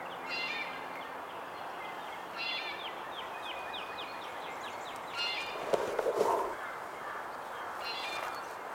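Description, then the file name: Red-bellied woodpecker repeating short rolling calls, a run of thin slurred notes from another bird, and a brief crackling noise midway. "Melanerpes carolinus - Red-bellied Woodpecker"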